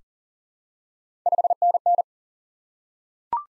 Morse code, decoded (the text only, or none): 5NN